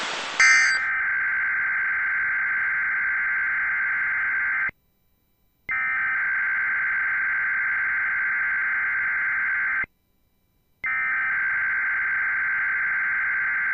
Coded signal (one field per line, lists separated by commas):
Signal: Emergency Alert System (SAME) tones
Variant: header bursts